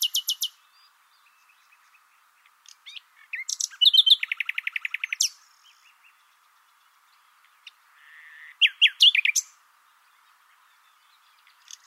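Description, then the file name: Common nightingale singing varied phrases: sharp opening notes, then a rapid even trill of repeated notes, a pause, and a brief jumbled burst. "Luscinia megarhynchos"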